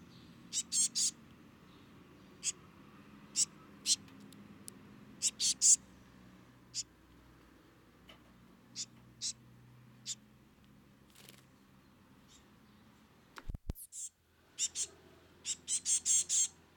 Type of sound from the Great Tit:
call